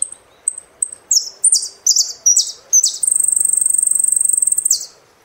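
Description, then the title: Saffron finch song: thin high tweets lead into a series of descending chirps, then a long rapid high trill lasting about two seconds. "Jilguero Argentino"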